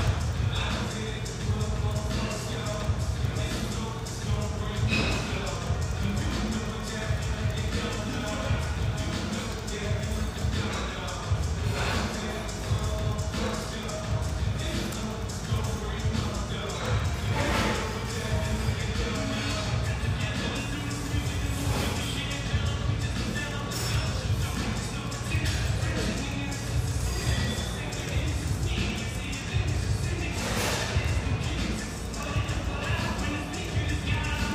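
Busy coffee shop ambience near Portland's Willamette riverfront, with a steady blur of overlapping conversation and a constant low rumble underneath. Scattered clinks, taps and thuds cut through every few seconds, with sharper bursts around 5, 17 and 30 seconds.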